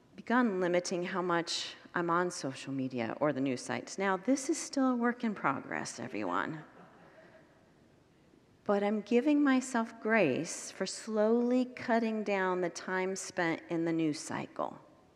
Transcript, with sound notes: begun limiting how much I’m on social media or the news sites. Now, this is still a work in progress, everyone! [Congregants laugh] But I’m giving myself grace for slowly cutting down the time spent in the news cycle.